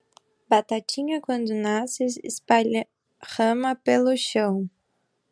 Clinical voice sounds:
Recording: short text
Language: Brazilian Portuguese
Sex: female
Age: 20 to 29 years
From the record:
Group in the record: control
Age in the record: 25 years

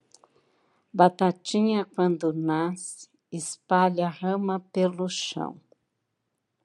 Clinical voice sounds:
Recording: short text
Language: Brazilian Portuguese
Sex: female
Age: 60 to 69 years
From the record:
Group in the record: control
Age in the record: 67 years

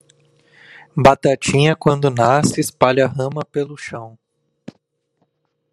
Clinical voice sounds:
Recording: short text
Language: Brazilian Portuguese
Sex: male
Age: 20 to 29 years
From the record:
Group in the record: control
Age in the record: 29 years

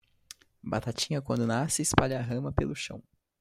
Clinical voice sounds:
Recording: short text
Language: Brazilian Portuguese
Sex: male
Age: 20 to 29 years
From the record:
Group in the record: control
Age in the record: 22 years

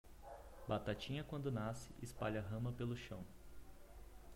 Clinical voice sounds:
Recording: short text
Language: Brazilian Portuguese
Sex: male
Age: 30 to 39 years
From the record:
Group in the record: control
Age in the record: 32 years

